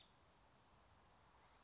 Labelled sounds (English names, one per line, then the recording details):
Nuttall's Woodpecker
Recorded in Sonoma County, California